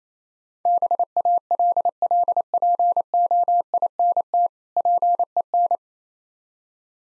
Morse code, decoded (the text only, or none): BALLPOINT PEN